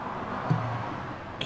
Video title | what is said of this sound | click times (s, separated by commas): Caroma Electric Scooter | that's locked into place that feels pretty solid | 1.4 s